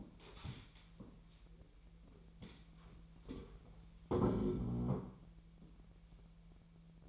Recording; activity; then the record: daily activity, microphone in the room; stand up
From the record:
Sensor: 1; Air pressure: 1002.0 hPa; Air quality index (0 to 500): 244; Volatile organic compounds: 111 ppm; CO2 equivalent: 3822 ppm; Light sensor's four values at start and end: 11/27/11/13 and 11/26/11/12